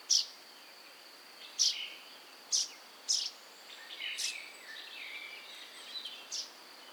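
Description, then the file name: Common chaffinch calling with brief, bright high notes at uneven gaps, several calls, over a constant high insect drone. "Fringilla coelebs"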